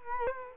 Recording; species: mosquito wingbeat signal from an infrared sensor; Culex quinquefasciatus